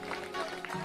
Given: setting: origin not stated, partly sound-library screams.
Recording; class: one-second piece from a danger detection set; normal situation